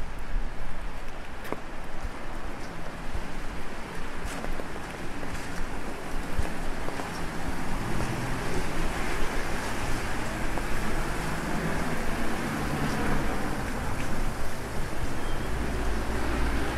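Rain patters steadily on an umbrella over the hum of a busy city street at night, the sound dense and even throughout. A low traffic rumble sits underneath, with occasional brief ticks and taps standing out, and a deeper swell near the end.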